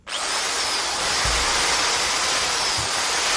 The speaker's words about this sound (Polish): To jest wiertarka. Idealny prezent dla żony pod choinkę. Już myślałam, że tylko ja to słyszę.